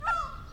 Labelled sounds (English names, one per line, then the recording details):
Indian Peafowl call
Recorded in captivity
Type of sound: call
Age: adult
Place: Zoo Dresden, Sachsen, DE
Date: 1993-05-17 16:57
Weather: heiter, 25 °C
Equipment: Marantz CP 430, Sennheiser ME 80, Kopie Uher Variocord 263
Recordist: Tembrock, Günter
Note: Im Hintergrund von Branta ruficollis, dazwischen Anser albifrons, Cygnus melanocoryphus